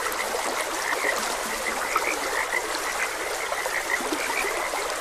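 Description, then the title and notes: Frogs croaking in a dense chorus, many short bright notes overlapping continuously over a steady hiss of running water. Frogs croaking beside a gentle stream, presented as calming nature ambience. "Gentle Stream and Frogs Croaking - Calming Sounds of Nature. Sleep and Relaxation Podcast"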